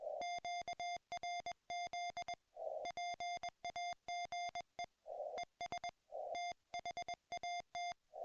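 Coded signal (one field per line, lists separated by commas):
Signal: Morse code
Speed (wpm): 20 wpm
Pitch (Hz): 2100 Hz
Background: music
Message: QRZ PAGE ES THAT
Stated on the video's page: Ragchew QSO on 40m using a YouKits HB-1B QRP transceiver and NVIS inverted-V dipole fed with twisted pair.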